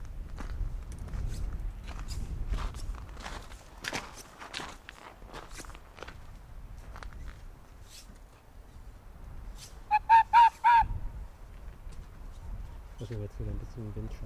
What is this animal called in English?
Arctic Fox